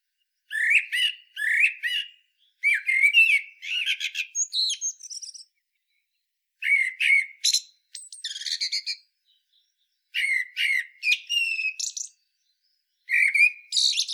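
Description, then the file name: Common blackbird song: a run of mellow whistled phrases, each finishing in high squeaky chatter, repeated with short silent gaps between. "Turdus merula"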